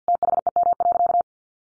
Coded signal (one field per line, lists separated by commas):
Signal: Morse code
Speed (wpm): 50 wpm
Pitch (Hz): 700 Hz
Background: none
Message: THEM.